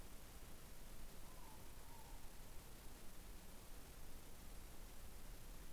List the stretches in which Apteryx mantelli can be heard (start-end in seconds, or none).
none